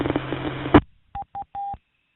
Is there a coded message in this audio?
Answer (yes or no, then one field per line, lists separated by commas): no